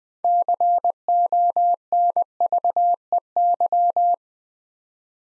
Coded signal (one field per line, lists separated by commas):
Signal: Morse code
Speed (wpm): 20 wpm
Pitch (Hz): 700 Hz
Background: none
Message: CONVEY